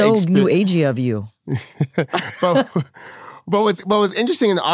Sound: chuckles